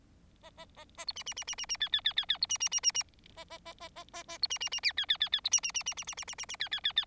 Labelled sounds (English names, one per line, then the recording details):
Bengalese Finch song
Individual Bird4